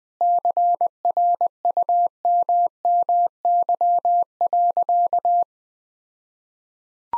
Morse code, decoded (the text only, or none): CRUMMY.